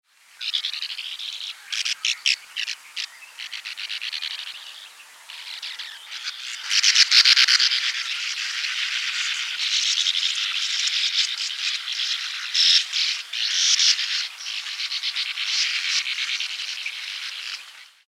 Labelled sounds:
Sand Martin
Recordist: Tembrock, Günter
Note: Flugrufe

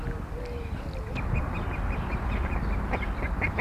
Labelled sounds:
Common Shelduck call
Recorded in captivity
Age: immature
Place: Zoo Gelsenkirchen, Nordrhein-Westfalen, DE
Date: 1971-08-19
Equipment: Halbspur, 9,5 cm/s
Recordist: Lütgens, Hans
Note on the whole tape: 2-monatige, Mutter warnt

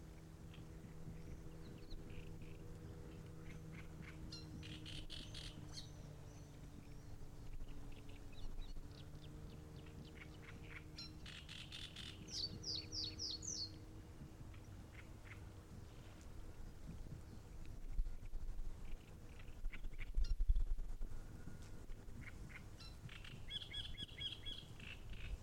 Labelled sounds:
Great Reed Warbler
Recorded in the wild
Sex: male
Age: adult
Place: Müggelsee, Berlin, DE
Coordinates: 52.44, 13.64
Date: 1991-05-12
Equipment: Uher 4400 Report Monitor, Sennheiser ME 80, K 30 AV
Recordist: Fischer, Stefan
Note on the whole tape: Tier M1643, Bestand 31: Gesang - einige brauchbar

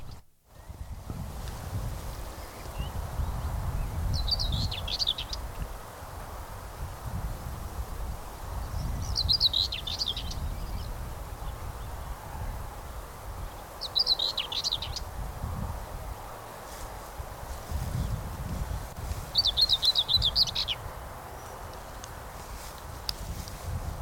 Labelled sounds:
Common Whitethroat
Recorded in the wild
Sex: male
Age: adult
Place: Blankenfelde, Berlin, DE
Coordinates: 52.645, 13.395
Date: 1992-05-28 11:15
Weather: sonnig, 20-24 °C, böiger Ost-Wind
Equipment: Nagra SN, Mikrofon AKG CK 8, Kopie Tesla B 116
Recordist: Tembrock, Günter

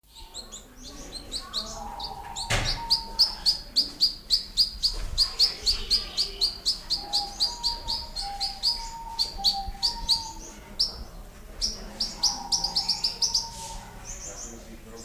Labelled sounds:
Star Finch call
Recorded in captivity
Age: adult
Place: Zoo Berlin, Berlin, DE
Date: 1999-07-03 11:52
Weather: fair, 25 - 27°C
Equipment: Sony WM-D6C, Sennheiser ME 80, Kopie Uher 4000 Report Monitor
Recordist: Tembrock, Günter

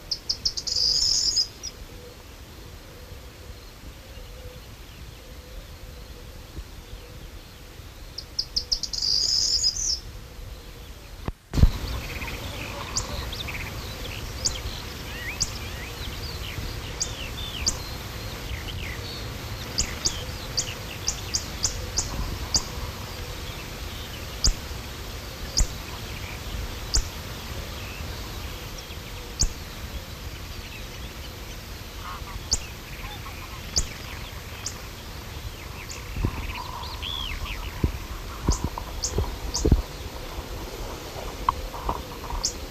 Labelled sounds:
Corn Bunting
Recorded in the wild
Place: Illmitz, AT
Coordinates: 47.7544, 16.7631
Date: 1964-05-18
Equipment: Uher Report 4000, AKG D190
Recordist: Krey, Winfried

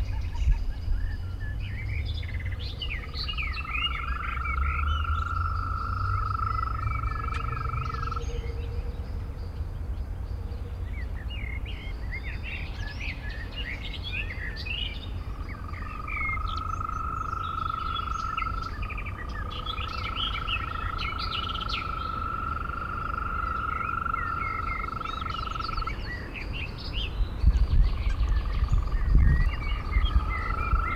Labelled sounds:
Green Toad call
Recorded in the wild
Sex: male
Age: adult
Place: Malchower Aue, Berlin, DE
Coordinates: 52.5817, 13.4869
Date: 1990-05-20 21:26
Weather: Temperatur: Luft - 14,5°C, Wasser - 20,5°C
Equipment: Uher 4400 Report Monitor, Sennheiser MKH 416 T
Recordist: Frommolt, Karl-Heinz

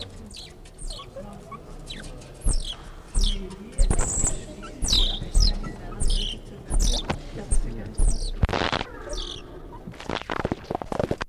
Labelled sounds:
Banded Mongoose call
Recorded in captivity
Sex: group
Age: diverse
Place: Zoo Berlin, Berlin, DE
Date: 1959-11-01 12:00
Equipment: Reporter (Vollspur)
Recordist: Tembrock, Günter

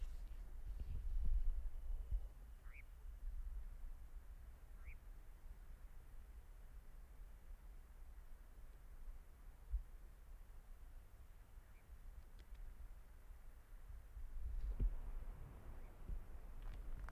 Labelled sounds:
Eurasian Nightjar call
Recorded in the wild
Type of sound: call
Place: Insel Hvar, HR
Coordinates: 43.1953, 16.4461
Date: 2002-07-17 21:12
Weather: heiter ca. 25°C, schwacher Wind
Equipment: Tascam DA-P1, Sennheiser MKH 70, Windkorb
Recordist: Frommolt, Karl-Heinz
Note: In der Nähe der Bucht Lozna: Rufe. Tier gesehen

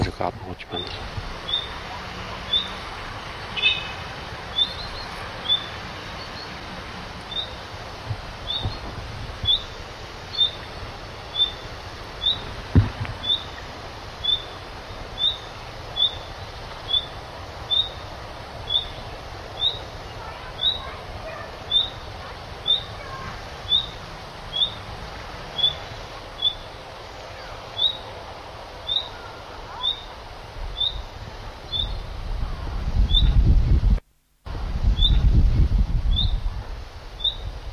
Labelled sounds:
Common Redstart call
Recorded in the wild
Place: Summt, Brandenburg, DE
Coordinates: 52.6931, 13.3619
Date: 1989-07-22 15:26
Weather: sunny, 25°C
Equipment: Sony WM-D6C, Kopie Tesla B 116
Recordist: Tembrock, Günter

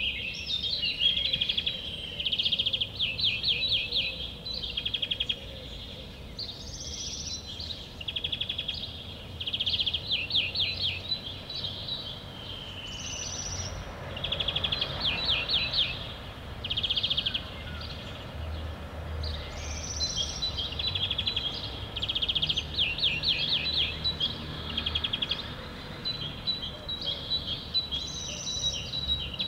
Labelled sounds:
European Greenfinch
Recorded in the wild
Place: Villach, AT
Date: 1969-05-22
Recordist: Brunner, Thomas
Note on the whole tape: Nähe Bundesbahn Direktion: Gesang eines Grünfinks

